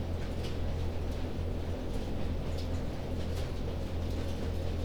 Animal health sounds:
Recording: poultry house recording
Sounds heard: no chicken sound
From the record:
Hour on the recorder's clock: 22

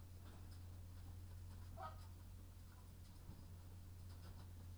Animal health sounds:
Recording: poultry house recording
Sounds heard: sick chickens (respiratory disease)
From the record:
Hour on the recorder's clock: 22

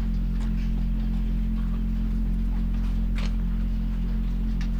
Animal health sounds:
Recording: poultry house recording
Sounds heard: sick chickens (respiratory disease)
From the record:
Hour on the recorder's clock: 1

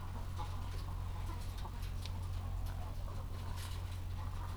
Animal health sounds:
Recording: poultry house recording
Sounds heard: sick chickens (respiratory disease)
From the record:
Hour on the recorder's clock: 14

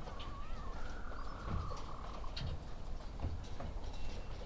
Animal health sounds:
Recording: poultry house recording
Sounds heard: healthy chickens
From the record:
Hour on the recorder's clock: 17

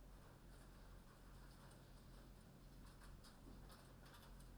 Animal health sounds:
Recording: poultry house recording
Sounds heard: no chicken sound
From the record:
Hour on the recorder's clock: 21

